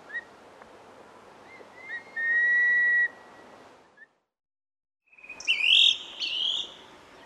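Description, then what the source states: Fan-tailed berrypecker giving thin whistled notes, one long steady tone held for about a second, then a loud burst of high, sweeping squeaky notes after a brief pause. Papua New Guinea.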